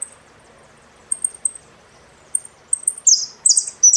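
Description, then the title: Saffron finch: a few thin high chips, then loud descending buzzy phrases tumbling in rapid succession toward the end. "Jilguero Argentino"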